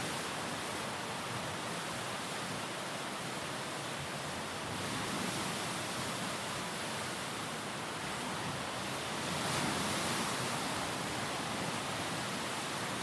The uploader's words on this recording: The cresting waves continue to batter the rocky shore of Lake Superior in Spirited Waves II.